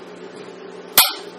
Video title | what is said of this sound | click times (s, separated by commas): Pumani bCPAP Training films: Section 4 - How To Set up the Pumani bCPAP | you should hear a snap when it's in place and a snap into the bottle | 1.0 s